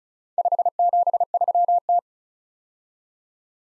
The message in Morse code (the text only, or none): 573T